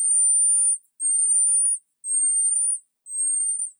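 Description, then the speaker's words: Marmoset calls: four long, pure, very high whistled notes, each under a second and slightly rising, repeated about once a second, with nothing else audible. "marmoset monkeys start out life producing a variety of vocalizations, but within 2 months, their calls become much more consistent."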